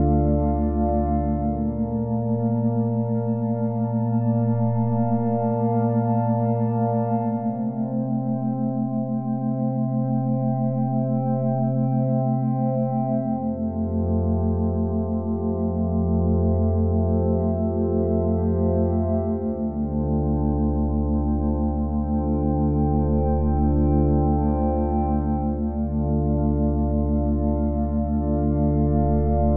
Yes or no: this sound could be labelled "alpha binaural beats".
yes